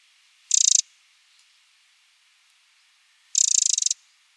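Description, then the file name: Eurasian wren producing two fast, dry rattles of clicking notes, the second longer, about three seconds apart. "Troglodytes troglodytes"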